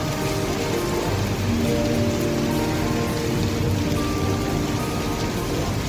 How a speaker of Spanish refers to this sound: Lluvia.